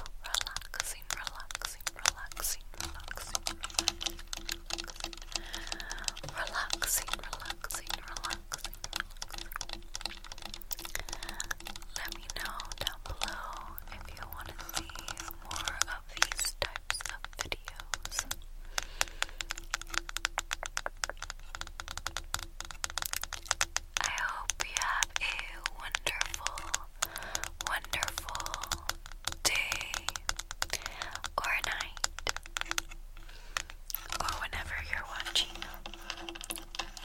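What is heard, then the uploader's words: Fingertips tap rapidly on and around a camera, producing a dense, continuous patter of quick, crisp clicks that barely pauses across the whole clip. The taps are bright, with a faint low steady hum underneath. ASMR Fast Camera Tapping On & Around Camera.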